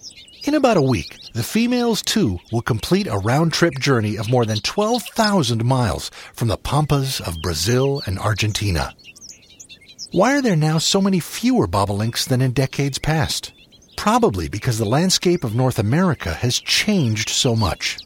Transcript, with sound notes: (1) In about a week, the females too will complete a round-trip journey of more than 12,000 miles from the pampas of Brazil and Argentina. [Calls of male Bobolinks] Why are there now so many fewer Bobolinks than in decades past? Probably because the landscape of North America has changed so much.